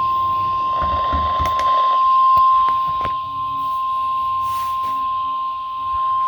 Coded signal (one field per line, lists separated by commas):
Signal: Emergency Alert System (SAME) tones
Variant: 1050 Hz attention tone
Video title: EAS 311 - 315: Crappy Reception during Tornado event